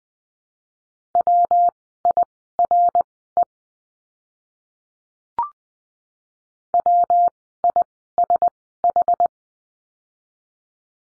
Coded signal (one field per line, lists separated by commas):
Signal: Morse code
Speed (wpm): 20 wpm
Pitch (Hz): 700 Hz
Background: none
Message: WIRE WISH